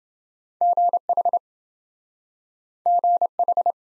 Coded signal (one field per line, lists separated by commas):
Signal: Morse code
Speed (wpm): 27 wpm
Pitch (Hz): 700 Hz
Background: none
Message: GH GH